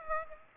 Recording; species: mosquito wingbeat signal from an infrared sensor; Aedes aegypti